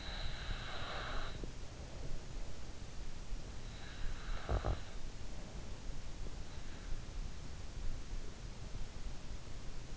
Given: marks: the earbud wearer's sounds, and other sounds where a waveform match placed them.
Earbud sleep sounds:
sounds in sleep by an in-ear microphone; snoring breath
0.00-2.20 s: snoring breath
4.38-4.92 s: snoring breath

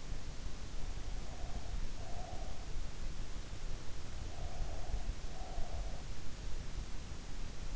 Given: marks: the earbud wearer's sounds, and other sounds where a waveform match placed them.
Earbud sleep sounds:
sounds in sleep by an in-ear microphone; breath
1.29-2.46 s: breath
4.30-5.75 s: breath

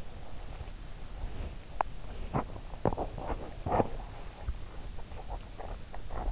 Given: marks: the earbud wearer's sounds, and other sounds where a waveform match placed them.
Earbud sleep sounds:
sounds in sleep by an in-ear microphone; teeth grinding
1.53-6.32 s: teeth grinding

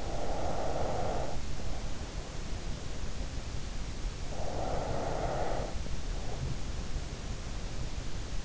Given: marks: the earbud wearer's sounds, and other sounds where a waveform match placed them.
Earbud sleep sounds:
sounds in sleep by an in-ear microphone; breath
0.00-2.24 s: breath
4.33-6.75 s: breath

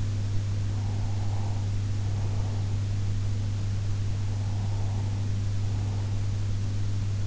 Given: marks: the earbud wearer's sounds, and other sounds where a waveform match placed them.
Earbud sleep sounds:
sounds in sleep by an in-ear microphone; breath
0.48-2.93 s: breath
4.28-6.59 s: breath

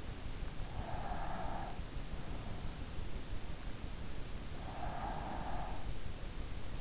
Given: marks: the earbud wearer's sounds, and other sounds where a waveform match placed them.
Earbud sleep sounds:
sounds in sleep by an in-ear microphone; breath
0.43-2.29 s: breath
4.55-6.29 s: breath

